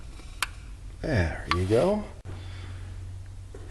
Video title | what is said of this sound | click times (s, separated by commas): Diesel-Up Garage: Chevy 2004.5-2010 Duramax Truck Edition module install | make sure when you push it on that it makes the snap sound there | 0.4 s